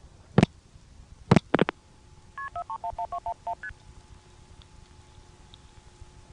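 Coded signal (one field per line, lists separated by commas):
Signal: multi-frequency trunk signalling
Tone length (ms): 80 ms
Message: KP4311211ST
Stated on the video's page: ITT Pentaconta crossbar switch in Asheboro, North Carolina, recorded in summer 1986.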